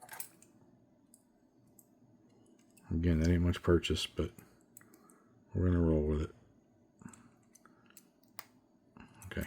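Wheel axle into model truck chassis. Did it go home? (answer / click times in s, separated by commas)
yes / 8.4 s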